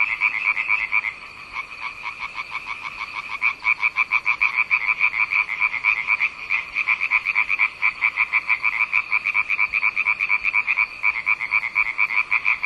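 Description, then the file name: Repeated rapid frog croaks forming a near-constant rattling chorus, with a short lull near the start. "zaby"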